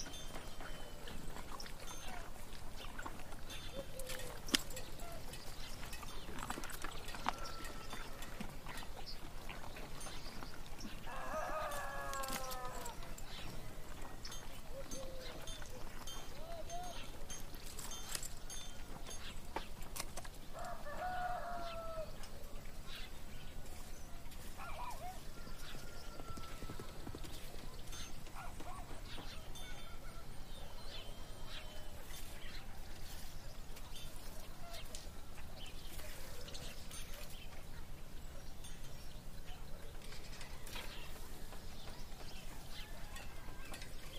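Birds sing and chatter through a steady town background, with short falling calls around 11 and 21 seconds and scattered chirps throughout. Farm animals sound off now and then, a rooster-like cry among them, with faint voices and sharp clicks and knocks mixed in.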